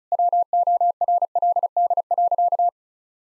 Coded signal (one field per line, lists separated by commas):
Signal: Morse code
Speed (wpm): 36 wpm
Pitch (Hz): 700 Hz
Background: none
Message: WORLD.